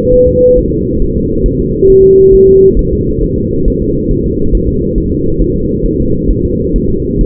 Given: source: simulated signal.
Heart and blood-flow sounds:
fetal heart sounds
0.14 s: S1
0.29 s: S2
0.58 s: S1
0.73 s: S2
1.02 s: S1
1.16 s: S2
1.46 s: S1
1.60 s: S2
1.90 s: S1
2.04 s: S2
2.34 s: S1
2.49 s: S2
2.79 s: S1
2.93 s: S2
3.23 s: S1
3.38 s: S2
3.68 s: S1
3.82 s: S2
4.11 s: S1
4.26 s: S2
4.55 s: S1
4.69 s: S2
4.98 s: S1
5.12 s: S2
5.42 s: S1
5.56 s: S2
5.86 s: S1
6.00 s: S2
6.31 s: S1
6.45 s: S2
6.76 s: S1
6.90 s: S2
7.21 s: S1
From the record:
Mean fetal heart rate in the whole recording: 135 bpm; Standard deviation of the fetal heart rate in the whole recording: 3 bpm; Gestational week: 36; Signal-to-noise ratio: -15.3 dB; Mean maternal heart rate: 72 bpm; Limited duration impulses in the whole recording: present

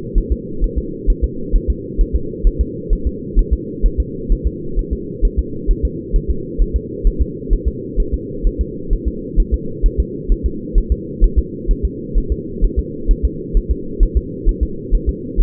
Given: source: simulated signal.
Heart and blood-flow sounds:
fetal heart sounds
0.18 s: S1
0.32 s: S2
0.64 s: S1
0.78 s: S2
1.10 s: S1
1.24 s: S2
1.56 s: S1
1.70 s: S2
2.01 s: S1
2.16 s: S2
2.47 s: S1
2.61 s: S2
2.93 s: S1
3.07 s: S2
3.39 s: S1
3.53 s: S2
3.86 s: S1
4.00 s: S2
4.32 s: S1
4.47 s: S2
4.79 s: S1
4.93 s: S2
5.25 s: S1
5.39 s: S2
5.71 s: S1
5.85 s: S2
6.16 s: S1
6.30 s: S2
6.62 s: S1
6.76 s: S2
7.07 s: S1
7.22 s: S2
7.53 s: S1
7.68 s: S2
8.00 s: S1
8.14 s: S2
8.47 s: S1
8.61 s: S2
8.93 s: S1
9.08 s: S2
9.40 s: S1
9.54 s: S2
9.86 s: S1
10.00 s: S2
10.32 s: S1
10.46 s: S2
10.78 s: S1
10.92 s: S2
11.24 s: S1
11.38 s: S2
11.71 s: S1
11.85 s: S2
12.18 s: S1
12.32 s: S2
12.64 s: S1
12.79 s: S2
13.11 s: S1
13.25 s: S2
13.57 s: S1
13.71 s: S2
14.03 s: S1
14.17 s: S2
14.49 s: S1
14.63 s: S2
14.94 s: S1
15.09 s: S2
15.41 s: S1
From the record:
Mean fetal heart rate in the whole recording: 130 bpm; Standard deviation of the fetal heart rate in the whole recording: 2 bpm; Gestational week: 38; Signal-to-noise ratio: -4.3 dB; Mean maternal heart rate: 72 bpm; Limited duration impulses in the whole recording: absent

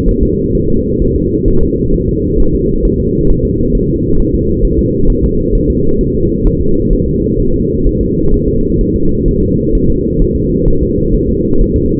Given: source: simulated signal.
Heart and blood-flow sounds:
fetal heart sounds
0.09 s: S1
0.23 s: S2
0.55 s: S1
0.70 s: S2
1.02 s: S1
1.16 s: S2
1.48 s: S1
1.63 s: S2
1.94 s: S1
2.09 s: S2
2.40 s: S1
2.55 s: S2
2.85 s: S1
3.00 s: S2
3.30 s: S1
3.45 s: S2
3.75 s: S1
3.90 s: S2
4.20 s: S1
4.34 s: S2
4.64 s: S1
4.79 s: S2
5.10 s: S1
5.24 s: S2
5.55 s: S1
5.70 s: S2
6.01 s: S1
6.16 s: S2
6.47 s: S1
6.62 s: S2
6.93 s: S1
7.08 s: S2
7.40 s: S1
7.54 s: S2
7.87 s: S1
8.01 s: S2
8.34 s: S1
8.48 s: S2
8.81 s: S1
8.96 s: S2
9.28 s: S1
9.43 s: S2
9.75 s: S1
9.90 s: S2
10.22 s: S1
10.36 s: S2
10.68 s: S1
10.83 s: S2
11.14 s: S1
11.29 s: S2
11.61 s: S1
11.76 s: S2
From the record:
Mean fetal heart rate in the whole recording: 130 bpm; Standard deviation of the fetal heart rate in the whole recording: 4 bpm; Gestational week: 38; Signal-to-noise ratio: -16.4 dB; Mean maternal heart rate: 72 bpm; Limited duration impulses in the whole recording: present

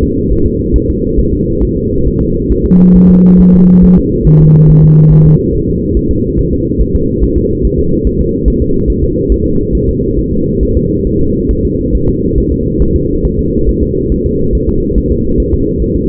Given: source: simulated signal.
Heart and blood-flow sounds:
fetal heart sounds
0.03 s: S2
0.32 s: S1
0.46 s: S2
0.76 s: S1
0.90 s: S2
1.19 s: S1
1.34 s: S2
1.63 s: S1
1.77 s: S2
2.07 s: S1
2.22 s: S2
2.52 s: S1
2.66 s: S2
2.96 s: S1
3.10 s: S2
3.40 s: S1
3.54 s: S2
3.84 s: S1
3.98 s: S2
4.27 s: S1
4.41 s: S2
4.70 s: S1
4.84 s: S2
5.12 s: S1
5.27 s: S2
5.55 s: S1
5.69 s: S2
5.97 s: S1
6.11 s: S2
6.39 s: S1
6.53 s: S2
6.81 s: S1
6.96 s: S2
7.24 s: S1
7.38 s: S2
7.65 s: S1
7.79 s: S2
8.07 s: S1
8.21 s: S2
8.48 s: S1
8.62 s: S2
8.90 s: S1
9.04 s: S2
9.32 s: S1
9.46 s: S2
9.75 s: S1
9.89 s: S2
10.19 s: S1
10.33 s: S2
10.63 s: S1
10.77 s: S2
11.07 s: S1
11.21 s: S2
11.51 s: S1
11.65 s: S2
11.95 s: S1
12.09 s: S2
12.38 s: S1
12.52 s: S2
12.82 s: S1
12.96 s: S2
13.25 s: S1
13.39 s: S2
13.69 s: S1
13.83 s: S2
14.12 s: S1
14.26 s: S2
14.55 s: S1
14.69 s: S2
14.98 s: S1
15.12 s: S2
15.40 s: S1
15.54 s: S2
15.82 s: S1
15.96 s: S2
From the record:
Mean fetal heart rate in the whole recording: 140 bpm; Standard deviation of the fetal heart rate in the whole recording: 2 bpm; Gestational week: 34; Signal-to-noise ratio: -15.3 dB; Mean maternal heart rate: 72 bpm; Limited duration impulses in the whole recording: present

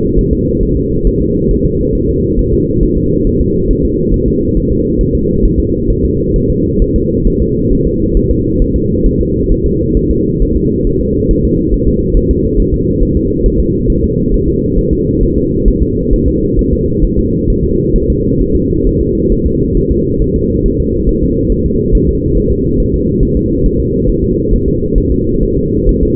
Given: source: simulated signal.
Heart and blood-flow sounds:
fetal heart sounds
0.19 s: S1
0.33 s: S2
0.63 s: S1
0.77 s: S2
1.07 s: S1
1.21 s: S2
1.51 s: S1
1.65 s: S2
1.95 s: S1
2.09 s: S2
2.39 s: S1
2.53 s: S2
2.83 s: S1
2.97 s: S2
3.27 s: S1
3.41 s: S2
3.71 s: S1
3.85 s: S2
4.14 s: S1
4.28 s: S2
4.57 s: S1
4.72 s: S2
5.01 s: S1
5.15 s: S2
5.45 s: S1
5.60 s: S2
5.90 s: S1
6.05 s: S2
6.36 s: S1
6.50 s: S2
6.82 s: S1
6.96 s: S2
7.27 s: S1
7.42 s: S2
7.72 s: S1
7.87 s: S2
8.17 s: S1
8.31 s: S2
8.62 s: S1
8.76 s: S2
9.06 s: S1
9.21 s: S2
9.52 s: S1
9.66 s: S2
9.97 s: S1
10.11 s: S2
10.42 s: S1
10.56 s: S2
10.87 s: S1
11.01 s: S2
11.31 s: S1
11.45 s: S2
11.74 s: S1
11.88 s: S2
12.17 s: S1
12.31 s: S2
12.60 s: S1
12.74 s: S2
13.03 s: S1
13.17 s: S2
13.46 s: S1
13.60 s: S2
13.90 s: S1
14.04 s: S2
14.34 s: S1
14.48 s: S2
14.78 s: S1
14.93 s: S2
15.23 s: S1
15.38 s: S2
15.68 s: S1
15.83 s: S2
16.13 s: S1
16.28 s: S2
16.59 s: S1
16.73 s: S2
17.04 s: S1
17.19 s: S2
17.50 s: S1
17.64 s: S2
17.96 s: S1
18.10 s: S2
18.41 s: S1
18.56 s: S2
18.87 s: S1
19.01 s: S2
19.32 s: S1
19.46 s: S2
19.77 s: S1
19.91 s: S2
20.22 s: S1
20.36 s: S2
20.66 s: S1
20.80 s: S2
21.09 s: S1
21.23 s: S2
21.52 s: S1
21.66 s: S2
21.95 s: S1
22.09 s: S2
22.37 s: S1
22.52 s: S2
22.80 s: S1
22.94 s: S2
23.23 s: S1
23.37 s: S2
23.66 s: S1
23.80 s: S2
24.09 s: S1
24.24 s: S2
24.53 s: S1
24.68 s: S2
24.98 s: S1
25.12 s: S2
25.43 s: S1
25.57 s: S2
25.89 s: S1
26.03 s: S2
From the record:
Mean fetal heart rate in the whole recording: 135 bpm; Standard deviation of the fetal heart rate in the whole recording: 3 bpm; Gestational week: 36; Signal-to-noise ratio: -10.2 dB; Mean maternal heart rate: 72 bpm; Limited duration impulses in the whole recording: present

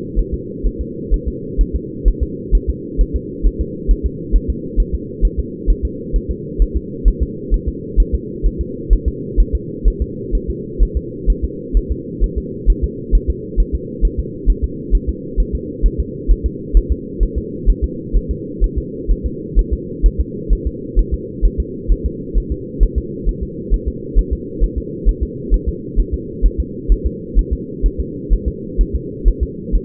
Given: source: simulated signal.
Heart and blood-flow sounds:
fetal heart sounds
0.19 s: S1
0.34 s: S2
0.66 s: S1
0.81 s: S2
1.14 s: S1
1.28 s: S2
1.61 s: S1
1.75 s: S2
2.08 s: S1
2.23 s: S2
2.55 s: S1
2.69 s: S2
3.01 s: S1
3.16 s: S2
3.47 s: S1
3.61 s: S2
3.91 s: S1
4.06 s: S2
4.35 s: S1
4.50 s: S2
4.80 s: S1
4.95 s: S2
5.25 s: S1
5.39 s: S2
5.70 s: S1
5.85 s: S2
6.16 s: S1
6.31 s: S2
6.62 s: S1
6.77 s: S2
7.08 s: S1
7.22 s: S2
7.54 s: S1
7.69 s: S2
8.00 s: S1
8.15 s: S2
8.46 s: S1
8.61 s: S2
8.93 s: S1
9.08 s: S2
9.40 s: S1
9.55 s: S2
9.88 s: S1
10.02 s: S2
10.35 s: S1
10.50 s: S2
10.82 s: S1
10.97 s: S2
11.30 s: S1
11.44 s: S2
11.77 s: S1
11.91 s: S2
12.24 s: S1
12.38 s: S2
12.70 s: S1
12.84 s: S2
13.15 s: S1
13.30 s: S2
13.60 s: S1
13.75 s: S2
14.05 s: S1
14.19 s: S2
14.50 s: S1
14.64 s: S2
14.95 s: S1
15.09 s: S2
15.40 s: S1
15.55 s: S2
15.86 s: S1
16.00 s: S2
16.31 s: S1
16.46 s: S2
16.77 s: S1
16.92 s: S2
17.23 s: S1
17.38 s: S2
17.69 s: S1
17.84 s: S2
18.16 s: S1
18.31 s: S2
18.64 s: S1
18.78 s: S2
19.11 s: S1
19.26 s: S2
19.59 s: S1
19.73 s: S2
20.06 s: S1
20.20 s: S2
20.53 s: S1
20.67 s: S2
20.99 s: S1
21.14 s: S2
21.45 s: S1
21.60 s: S2
21.91 s: S1
22.06 s: S2
22.38 s: S1
22.52 s: S2
22.83 s: S1
22.98 s: S2
23.29 s: S1
23.43 s: S2
23.74 s: S1
23.88 s: S2
24.19 s: S1
24.33 s: S2
24.63 s: S1
24.78 s: S2
25.09 s: S1
25.23 s: S2
25.54 s: S1
25.69 s: S2
26.00 s: S1
26.14 s: S2
26.45 s: S1
26.60 s: S2
26.92 s: S1
27.06 s: S2
27.39 s: S1
27.53 s: S2
27.86 s: S1
28.00 s: S2
28.33 s: S1
28.48 s: S2
28.81 s: S1
28.95 s: S2
29.28 s: S1
29.43 s: S2
29.75 s: S1
From the record:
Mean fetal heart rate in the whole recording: 130 bpm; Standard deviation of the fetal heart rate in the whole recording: 2 bpm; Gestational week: 36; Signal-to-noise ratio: -4.1 dB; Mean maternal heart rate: no maternal heart sound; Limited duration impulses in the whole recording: absent

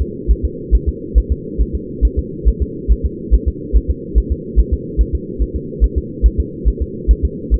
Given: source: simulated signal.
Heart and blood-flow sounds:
fetal heart sounds
0.01 s: S2
0.31 s: S1
0.45 s: S2
0.75 s: S1
0.89 s: S2
1.18 s: S1
1.32 s: S2
1.61 s: S1
1.75 s: S2
2.05 s: S1
2.19 s: S2
2.48 s: S1
2.62 s: S2
2.92 s: S1
3.05 s: S2
3.34 s: S1
3.48 s: S2
3.76 s: S1
3.90 s: S2
4.18 s: S1
4.32 s: S2
4.59 s: S1
4.73 s: S2
5.01 s: S1
5.15 s: S2
5.42 s: S1
5.56 s: S2
5.84 s: S1
5.98 s: S2
6.26 s: S1
6.40 s: S2
6.68 s: S1
6.82 s: S2
7.11 s: S1
7.25 s: S2
7.54 s: S1
From the record:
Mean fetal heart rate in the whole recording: 140 bpm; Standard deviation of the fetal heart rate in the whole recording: 2 bpm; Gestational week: 34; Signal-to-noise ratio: -4.1 dB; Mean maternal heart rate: no maternal heart sound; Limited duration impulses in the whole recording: absent

